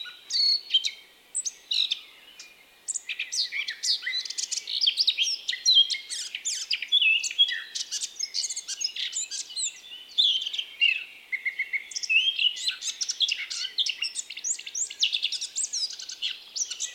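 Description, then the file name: Eurasian blackcap singing a long, unbroken babble of quick, high, scratchy notes and thin whistles, after a few separate chirps at the start. "Sylvia atricapilla"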